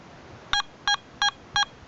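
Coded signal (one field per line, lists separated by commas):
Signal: beep code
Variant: Garrett ATX metal detector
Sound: four short buzzy beeps, evenly spaced about a third of a second apart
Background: quiet room hiss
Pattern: 4 short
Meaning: Four beeps at power-on mean the batteries are good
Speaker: we'll get the battery beeps to establish the status of our batteries. Okay, we've got 4 beeps, which means we've got good batteries.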